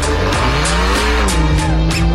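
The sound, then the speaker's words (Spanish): A used Acura car's engine hums and shifts pitch as the vehicle swerves, punctuated by about six sharp, loud tire squeals in quick succession. No one speaks. “O con esta maniobrabilidad.”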